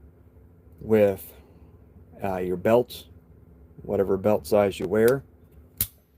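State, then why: Seated. Someone talks, then a plastic belt-clip lock on a fixed-blade knife sheath is snapped closed. It gives one sharp click at 5.8 s, and the lock is seated.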